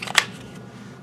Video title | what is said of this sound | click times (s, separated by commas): Canik TP9 Elite SC (Prefect CCW for newbies?) | like that snaps in place but it comes out fairly easy | 0.2 s